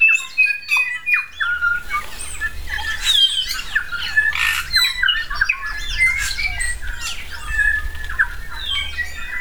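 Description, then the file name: New Zealand bellbird song, several birds overlapping in a dense chorus of clear whistled and squeaky notes, with a steady low hum underneath from about 1.5 seconds on. Several bellbirds singing on Tiritiri Matangi Island. "New Zealand Bellbirds (Anthornis melanura) singing on Tiritiri Matangi Island"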